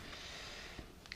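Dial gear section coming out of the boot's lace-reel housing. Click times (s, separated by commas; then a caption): 1.1 s. Someone pushes on the inside of the plastic dial gear section of a Boa M2 lace-reel system on a Simms wading boot to pop it out of its housing. Over a steady background hiss, two sharp pop-snap clicks land close together at about 1.1 s. The gear section releases from the housing.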